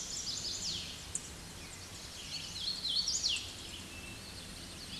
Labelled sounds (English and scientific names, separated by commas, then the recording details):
Hooded Warbler (Setophaga citrina) song
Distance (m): 10 m
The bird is about 5 m above the microphone
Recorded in a Pennsylvania forest on 16 May 2024 at 07:50
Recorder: AudioMoth, point MSD-2181
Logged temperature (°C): 12.8 °C
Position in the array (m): 153 m, 111 m